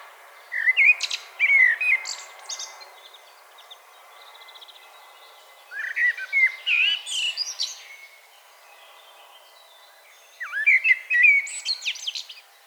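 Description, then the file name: Common blackbird song in three separate phrases with pauses of a few seconds between, each of rich fluted whistles ending in thin, high squeaky twitters. "Turdus merula"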